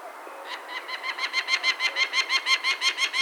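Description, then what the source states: Peregrine falcon uttering a grating cackle, rasping notes starting softly and building in loudness, repeated rapidly and regularly. Recorded 6 May 2013.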